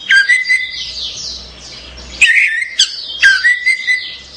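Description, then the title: Orange-headed thrush song: clear drawn-out whistles alternating with quick chattered notes. "Anis Merah"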